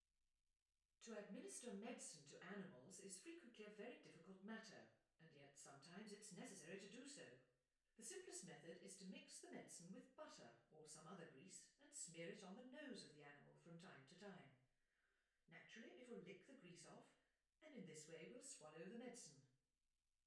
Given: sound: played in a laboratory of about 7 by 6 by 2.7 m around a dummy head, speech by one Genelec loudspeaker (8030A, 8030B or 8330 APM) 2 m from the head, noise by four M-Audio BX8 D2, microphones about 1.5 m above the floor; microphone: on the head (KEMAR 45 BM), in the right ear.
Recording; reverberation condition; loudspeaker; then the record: female speech in English; medium; 120 degrees to the left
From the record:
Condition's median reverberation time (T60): about 510 ms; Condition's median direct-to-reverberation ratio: about -0.5 dB